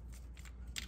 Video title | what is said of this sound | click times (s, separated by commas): Ford 2.0 Ecoboost Vacuum Pump Replacement How-To | go ahead and get your line back on there it should just snap into place | 0.8 s